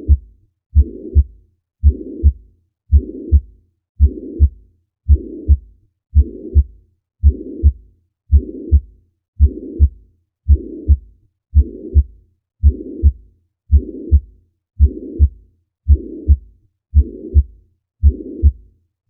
Heart Murmurs: Mitral Regurgitation. Mitral regurgitation: a pansystolic murmur which radiates to the axilla.